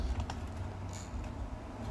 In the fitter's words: the arms lock into place like that BAM just